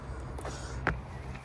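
A bungee cord, threaded through and around a trailer fitting, has its hook clipped back onto the fitting one-handed. A soft rustle at about 0.4 s comes before a single sharp, short hit at 0.9 s as the hook seats, over a steady low hum. The hook is back on.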